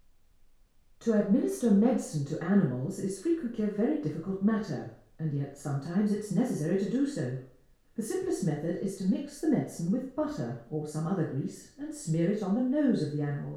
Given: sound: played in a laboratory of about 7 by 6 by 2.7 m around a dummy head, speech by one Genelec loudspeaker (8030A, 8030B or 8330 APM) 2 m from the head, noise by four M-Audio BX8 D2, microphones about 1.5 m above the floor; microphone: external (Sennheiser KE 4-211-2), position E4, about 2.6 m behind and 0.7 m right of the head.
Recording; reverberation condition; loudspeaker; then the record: female speech in English; medium; 150 degrees to the right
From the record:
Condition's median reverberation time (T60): about 510 ms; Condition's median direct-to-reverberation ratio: about -0.5 dB